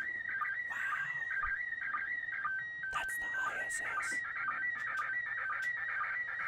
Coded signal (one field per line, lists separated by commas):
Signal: SSTV (slow-scan television)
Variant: PD 120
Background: speech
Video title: Lets Get Our General License! Pt. 1 Basic Operation | Ham? Radio Crash Course